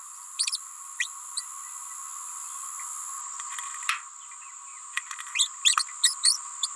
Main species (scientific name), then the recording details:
Forpus passerinus. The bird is a female. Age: 28 days. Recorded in a nest box in Venezuela. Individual 17B31A3